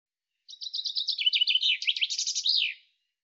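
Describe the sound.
Common chaffinch song: a brisk run of high chipping notes ending in a short flourish, just over two seconds long, on a silent background.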